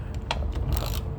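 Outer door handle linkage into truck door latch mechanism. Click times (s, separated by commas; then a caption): 0.3 s. The outer door handle linkage rod on a 2020 Ram truck door is guided through the hole in the door and wiggled into the latch mechanism. A sharp click at 0.3 s marks the rod clip seating, followed by lighter rubbing and rattling of the linkage. The clip engages and the handle now holds tension.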